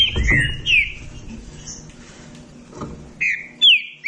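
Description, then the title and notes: Green-winged saltator whistles: a few slurred notes at the start, a quiet gap with faint background noise, then more loud whistled phrases near the end. Classic song style (canto clássico) used as a training recording. "Canto Clássico Trinca Ferro TREINAMENTO. trinca fero"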